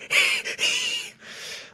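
Three hissing, whistly breath bursts in under two seconds from an adult man: a wheezy, breathy laugh, with his lungs wheezing.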